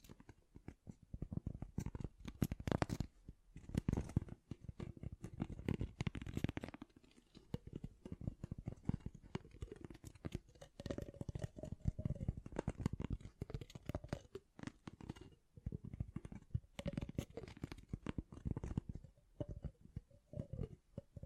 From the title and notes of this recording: ASMR Great Tapping Sounds for Sleep (No Talking).